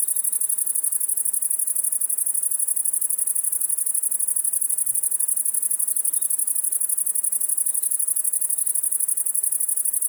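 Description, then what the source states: Great Green Bush-cricket song, rapid sizzling high pulses in an unbroken rhythm. First of the year; close individual about 1 m from microphones, one of 3-4 in south-facing Virginia creeper; very fast jerky rhythm after sun-warming; 20.4 °C; Fourcinet, Drôme, 700 m, 9 July 2018, late afternoon.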